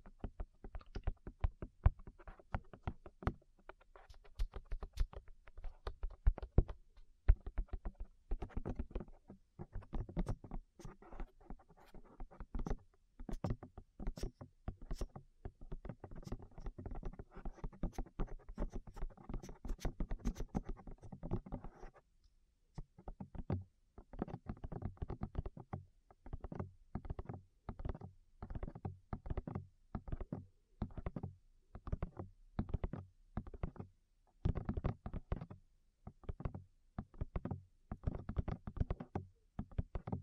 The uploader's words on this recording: ASMR Tap Your Ears 3Dio (No Talking).